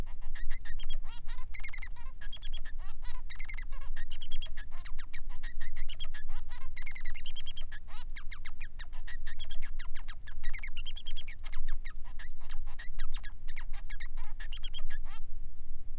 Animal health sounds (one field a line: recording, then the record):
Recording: song of a male Bengalese finch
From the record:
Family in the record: son of father 3